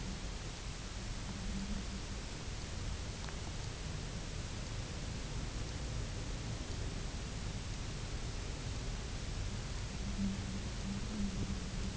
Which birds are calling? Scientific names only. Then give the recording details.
none. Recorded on Arctic tundra, site UTQI-0, on 23 June 2018. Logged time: 06:00